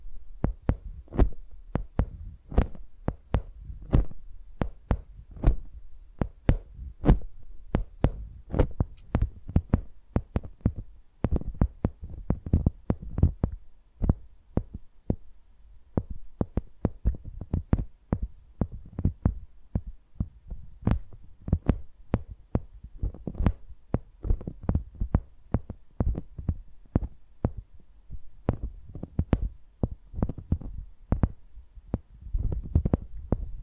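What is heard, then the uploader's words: Microphones are used like pencils, producing a steady run of sharp taps and knocks, several per second and slightly irregular. Each tap has a dull, thumping low end with a crisp click on top, over a quiet low rumble throughout, with no talking. ASMR Using Mics as Pencils (No Talking).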